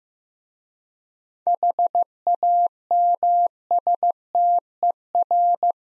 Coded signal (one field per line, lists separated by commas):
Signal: Morse code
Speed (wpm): 15 wpm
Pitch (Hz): 700 Hz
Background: none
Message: HAMSTER